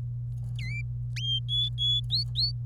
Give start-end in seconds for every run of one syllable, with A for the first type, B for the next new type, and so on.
0.59-0.81 A, 1.49-2.00 B, 2.10-2.52 C